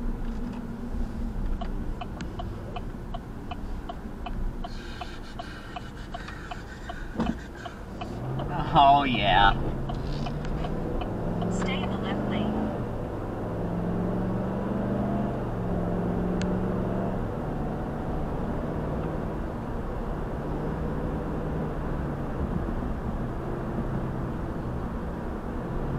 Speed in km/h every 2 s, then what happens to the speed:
27, 23, 13, 8, 21, 39, 53, 66, 76, 81, 84, 84, 84.
0-4 brakes to 13. 7-20 speeds up to 84. 20-26 steady at about 84.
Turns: 4-10.